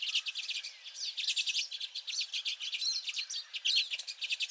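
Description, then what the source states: Common redpolls giving quick, busy chatter, many sharp twittering and buzzy notes packed closely together. Several common redpolls.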